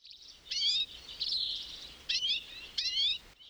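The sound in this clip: Redpoll calls: high buzzy notes that rise slightly, given in several short bursts, with faint background noise.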